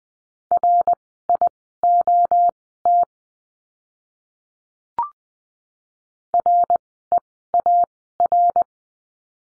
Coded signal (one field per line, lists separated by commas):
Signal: Morse code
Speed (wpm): 20 wpm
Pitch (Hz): 700 Hz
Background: none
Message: RIOT REAR